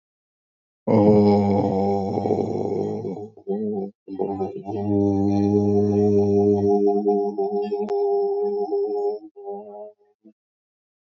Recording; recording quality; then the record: sustained vowel as in boot; excellent, no background noise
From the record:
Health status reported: recovered from COVID-19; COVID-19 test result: negative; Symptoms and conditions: cough, cold, breathing difficulty, fever, hypertension, diabetes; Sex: male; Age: 53 years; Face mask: not worn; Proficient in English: yes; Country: India